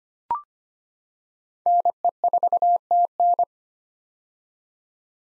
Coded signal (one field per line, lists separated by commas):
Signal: Morse code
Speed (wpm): 25 wpm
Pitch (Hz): 700 Hz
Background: none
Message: NE4TN